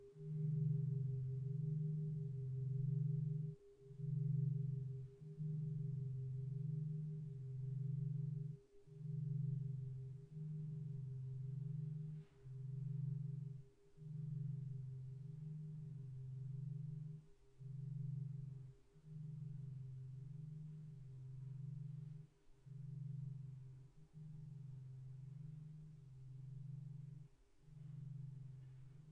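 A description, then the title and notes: A deep singing bowl hums steadily, its low tone pulsing with a slow wobble and a thin, clear overtone ringing constantly above. Brief dips interrupt the drone every couple of seconds, and the overall sound softens gradually toward the end. Singing bowl sound therapy, can quickly calm down.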